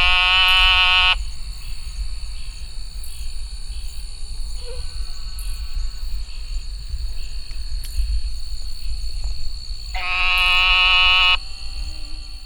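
Sheep frog calls twice, each a loud buzzing bleat about a second long, some ten seconds apart, with faint tones between them and a steady shrill background hum.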